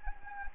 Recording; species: mosquito wingbeat signal from an infrared sensor; Anopheles gambiae